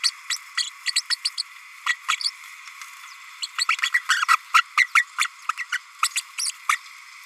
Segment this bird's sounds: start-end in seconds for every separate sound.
0.03-0.10, 0.30-0.36, 0.57-0.70, 0.86-0.93, 0.95-1.02, 1.09-1.16, 1.24-1.30, 1.37-1.43, 1.86-1.95, 2.08-2.16, 2.20-2.30, 3.42-3.47, 3.58-3.66, 3.94-4.02, 4.09-4.26, 4.28-4.37, 4.54-4.63, 4.77-4.87, 4.95-5.05, 5.18-5.28, 5.49-5.52, 5.58-5.66, 5.72-5.78, 6.02-6.08, 6.15-6.21, 6.38-6.52, 6.68-6.77